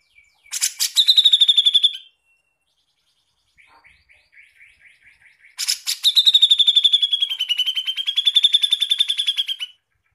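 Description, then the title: Grey-cheeked bulbul song: two harsh, buzzy rattling trills, about one and a half and four seconds long, separated by a run of soft, quick chattering notes. Master song used to teach birdsong to songbirds. "MASTERAN CUCAK JENGGOT"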